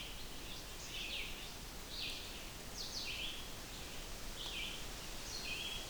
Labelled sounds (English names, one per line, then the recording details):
Red-eyed Vireo song
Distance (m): 45 m
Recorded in boreal forest in Alberta, Canada, on 16 June 2016 at 08:33
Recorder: SongMeter 3, array SBT-3-32
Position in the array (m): 159 m, 115 m